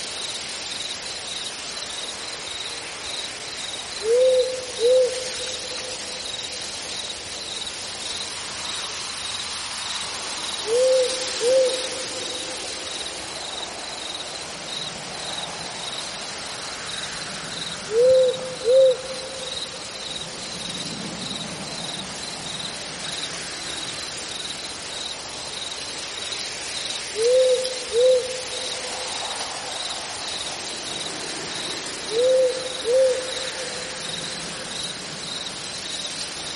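An owl calls late at night with short double hoots, low and clear, repeating every six to seven seconds. Behind it, cicadas keep up a steady high, pulsing chirr through the whole clip, with a faint soft rumble of wind low underneath.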